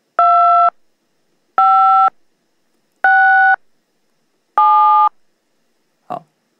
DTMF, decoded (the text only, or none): 5 6 7